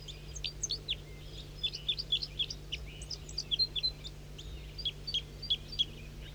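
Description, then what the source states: Red crossbill giving rapid, high chipping notes in irregular bursts, several per second, over a steady low hum. Calls in flight at 7:05 a.m.; recording began with the bird at the top of a pine tree.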